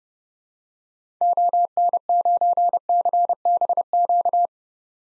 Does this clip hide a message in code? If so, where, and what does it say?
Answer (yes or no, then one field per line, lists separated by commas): yes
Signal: Morse code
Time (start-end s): 1.2-4.5 s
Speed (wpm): 31 wpm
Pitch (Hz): 700 Hz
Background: none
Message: ON9CBQ